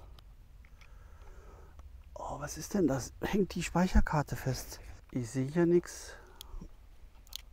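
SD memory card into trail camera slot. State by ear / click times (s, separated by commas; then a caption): seated / 7.4 s. An SD memory card that seemed stuck, possibly slightly tilted, is worked into the card slot of a trail camera while someone talks. A few faint clicks and handling sounds are heard before the card clicks into place at 7.4 s, seated.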